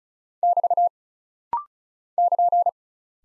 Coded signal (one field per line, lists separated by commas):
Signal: Morse code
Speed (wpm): 36 wpm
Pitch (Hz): 700 Hz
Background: none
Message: <BT> <KN>